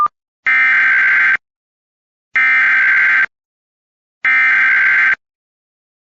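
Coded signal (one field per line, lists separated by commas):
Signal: Emergency Alert System (SAME) tones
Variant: header bursts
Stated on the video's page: EAS alerts captured during a Texas statewide tornado drill, mostly civil SAME codes such as CEM, LAE, LEW, CDW.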